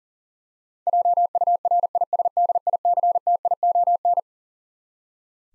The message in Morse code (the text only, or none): JURISDICTION